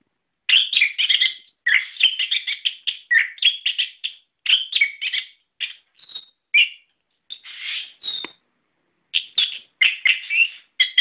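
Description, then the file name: Songbird song in dense scratchy bursts of rapid notes, broken by brief pauses and a few drawn-out whistles. Masteran, song-training audio used for cage birds. "masteran omkicau"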